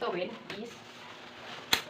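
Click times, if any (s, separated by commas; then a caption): 1.7 s. The side rail of a Phoenix Hub rocking crib/playpen is pulled up until its lock engages. Someone talks at the start, then a sharp click at 1.7 s marks the side rail lock seating into place.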